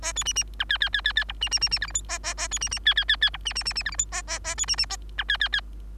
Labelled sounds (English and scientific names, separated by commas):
Bengalese Finch (Lonchura striata domestica) song